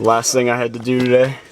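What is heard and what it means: Someone talks while handling a newly installed center console lid on a V8 Chevy Trailblazer, about to close it onto the console latch. The clip ends before the lid goes home, so nothing has seated or clicked yet.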